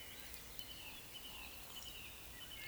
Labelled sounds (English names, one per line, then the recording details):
Eurasian Woodcock croak
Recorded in Baden-Württemberg, Germany, on 31 May 2021 at 19:30 UTC
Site 24606, 635 m above sea level